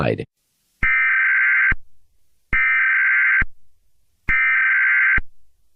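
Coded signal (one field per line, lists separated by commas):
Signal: Emergency Alert System (SAME) tones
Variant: header bursts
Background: speech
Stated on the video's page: Fictional EAS scenario alert.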